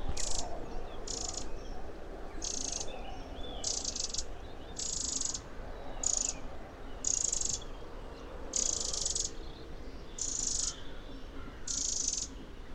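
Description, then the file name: Eurasian wren calls: short, harsh, rattling bursts repeated roughly every second, steady throughout, over a low continuous rumble. "Troglodytes troglodytes"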